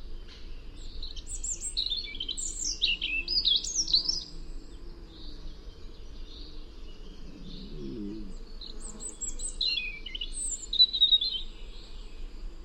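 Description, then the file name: European robin singing several high, thin warbling phrases with pauses between, notes sliding up and down; a brief lower chattering sound appears midway. "Erithacus rubecula"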